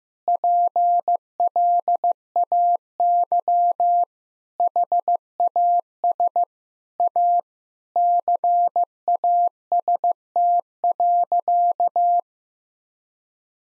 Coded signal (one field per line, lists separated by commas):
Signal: Morse code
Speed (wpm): 15 wpm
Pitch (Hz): 700 Hz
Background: none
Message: PLAY HAS A CAST.